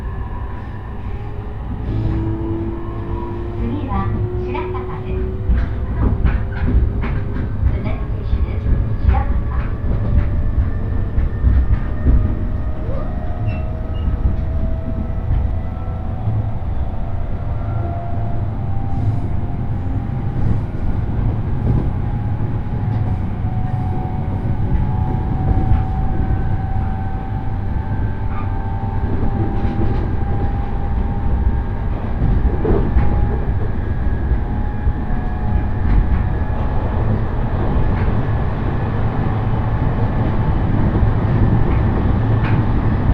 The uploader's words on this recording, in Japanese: 鉄道旅 東北本線 黒磯→新白河。